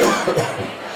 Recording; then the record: coughing mixed with background sound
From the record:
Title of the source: Cough Around the Clock!